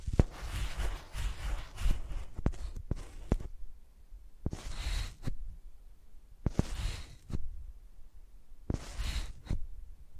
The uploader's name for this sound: ASMR Using Mics as Pencils (No Talking)